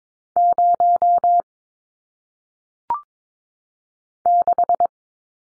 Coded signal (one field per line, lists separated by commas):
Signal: Morse code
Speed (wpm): 22 wpm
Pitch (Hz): 700 Hz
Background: none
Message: 0 6